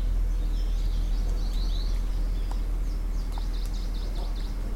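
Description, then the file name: Large-billed leaf warbler song: thin, high whistled notes, with a run of short, repeated, falling phrases toward the end, over a strong low rumbling background. "warbler-large-billed-leaf -Phylloscopus-magnirostris"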